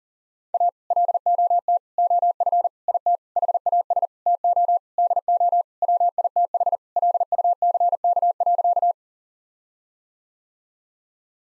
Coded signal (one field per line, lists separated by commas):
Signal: Morse code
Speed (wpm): 40 wpm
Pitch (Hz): 700 Hz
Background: none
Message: A LOT OF IT HAS TO DO WITH LUCK.